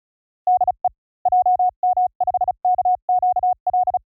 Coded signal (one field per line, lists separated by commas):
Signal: Morse code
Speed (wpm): 38 wpm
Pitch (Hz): 730 Hz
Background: none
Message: DE JM5KQL